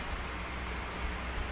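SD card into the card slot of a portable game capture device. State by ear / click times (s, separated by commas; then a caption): not seated / none. An SD card is lined up at the front card slot of an Avermedia Live Gamer Portable 2 game capture device, about to be pushed home. Only a steady broadband hiss and low hum are heard, with no sudden sounds. The card has not clicked into place yet.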